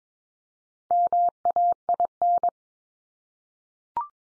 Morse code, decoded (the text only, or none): MAIN